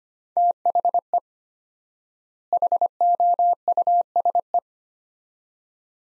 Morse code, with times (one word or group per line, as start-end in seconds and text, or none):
0.4-1.2 THE
2.5-4.6 HOUSE